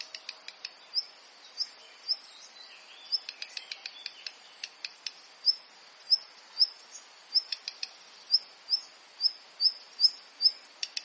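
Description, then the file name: Black redstart calls: short high ticking notes and thin whistled notes, repeated roughly every half second throughout, with a brief burst of clicks midway; quiet background. "Phoenicurus ochruros - Black Redstart"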